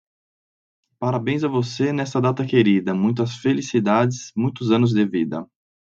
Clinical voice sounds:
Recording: short text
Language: Brazilian Portuguese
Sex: male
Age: 30 to 39 years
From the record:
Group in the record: control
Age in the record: 32 years

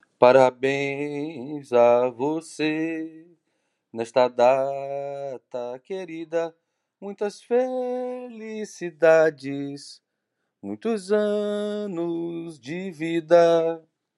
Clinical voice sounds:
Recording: short text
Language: Brazilian Portuguese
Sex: male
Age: 40 to 49 years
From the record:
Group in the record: control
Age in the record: 48 years

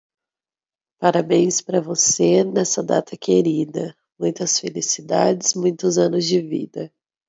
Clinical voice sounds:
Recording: short text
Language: Brazilian Portuguese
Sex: female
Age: 20 to 29 years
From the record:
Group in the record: control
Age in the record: 25 years

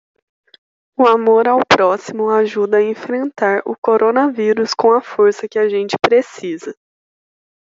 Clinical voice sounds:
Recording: spoken sentence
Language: Brazilian Portuguese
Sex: female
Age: 20 to 29 years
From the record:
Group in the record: control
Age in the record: 24 years

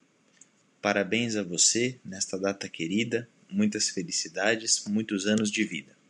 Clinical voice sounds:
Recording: short text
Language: Brazilian Portuguese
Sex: male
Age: 20 to 29 years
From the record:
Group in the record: control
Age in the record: 29 years

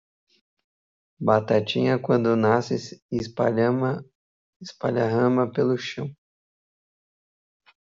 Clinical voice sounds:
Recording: short text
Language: Brazilian Portuguese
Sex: male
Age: 20 to 29 years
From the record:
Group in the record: control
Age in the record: 25 years

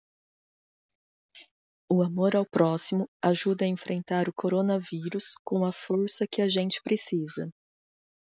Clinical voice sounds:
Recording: spoken sentence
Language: Brazilian Portuguese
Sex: female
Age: 30 to 39 years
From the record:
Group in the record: control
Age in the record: 38 years

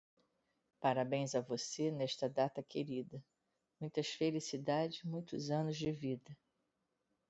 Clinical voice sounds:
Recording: short text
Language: Brazilian Portuguese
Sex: female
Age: 50 to 59 years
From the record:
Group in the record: control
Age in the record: 57 years

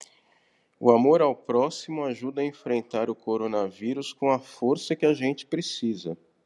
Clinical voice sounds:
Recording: spoken sentence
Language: Brazilian Portuguese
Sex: male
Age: 50 to 59 years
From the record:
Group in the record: control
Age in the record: 52 years

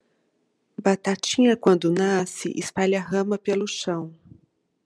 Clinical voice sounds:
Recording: short text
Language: Brazilian Portuguese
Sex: female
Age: 40 to 49 years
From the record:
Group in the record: control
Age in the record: 47 years

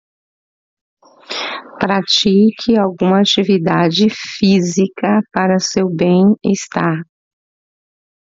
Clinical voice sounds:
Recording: short text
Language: Brazilian Portuguese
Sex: female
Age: 60 to 69 years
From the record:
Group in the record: control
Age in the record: 63 years

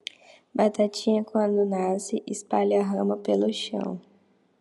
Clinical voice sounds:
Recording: short text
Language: Brazilian Portuguese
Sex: female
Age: 20 to 29 years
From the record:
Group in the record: control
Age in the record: 23 years

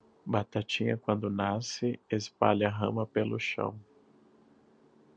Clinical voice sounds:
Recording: short text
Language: Brazilian Portuguese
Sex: male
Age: 30 to 39 years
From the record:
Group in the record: control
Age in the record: 32 years

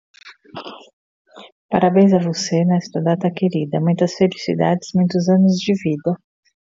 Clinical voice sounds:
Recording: short text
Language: Brazilian Portuguese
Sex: female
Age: 40 to 49 years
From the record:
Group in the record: control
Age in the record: 48 years

